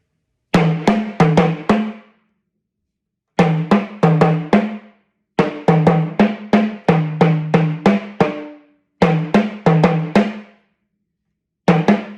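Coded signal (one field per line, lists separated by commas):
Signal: talking drum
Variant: Yoruba sakara drum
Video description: Playing "Akere nran t'ọmọ ẹja l'odo" with the Yoruba Orunsha Sakara talking drum by Jammal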